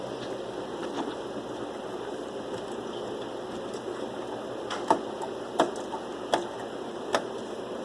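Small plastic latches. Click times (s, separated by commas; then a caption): 4.9 s, 5.6 s, 6.3 s, 7.2 s. White plastic retention clips at the top and bottom of a RAM slot on the motherboard of an HP Z420 Workstation are pushed down, lifting the memory stick out of its DIMM slot. Over a steady background hiss, sharp clicks sound at 4.9, 5.6, 6.3 and 7.2 seconds as the clips snap open. The memory module is released from the slot.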